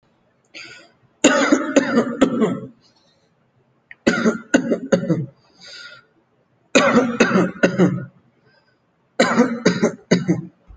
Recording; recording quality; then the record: heavy voluntary cough; excellent, no background noise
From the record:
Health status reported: healthy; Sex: male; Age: 28 years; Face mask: not worn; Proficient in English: yes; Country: India